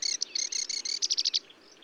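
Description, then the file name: Marsh warbler song: a short run of bright, even notes repeated rapidly, then a faster series of clipped chirps that fades out. Recorded at Bonnevaux on 31 May 2009 at 05:35. "Rousserolle verderolle 0535 25 Bonnevaux"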